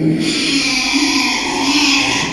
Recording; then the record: squeal of a Yucatan mini pig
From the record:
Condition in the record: after surgery on the right vocal fold (resection and tissue-engineered implant); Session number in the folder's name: 2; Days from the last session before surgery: 13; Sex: male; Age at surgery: 12 weeks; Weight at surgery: 13 kg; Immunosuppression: cyclosporine, prednisolone